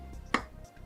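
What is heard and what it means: The threaded end cap of a Qoolife waterproof LED flashlight is turned backwards on the flashlight body until the thread drops into engagement, to avoid cross-threading. A single sharp click at 0.4 s stands out against a quiet background hum. The click marks the thread start catching, not the cap being fully tightened down.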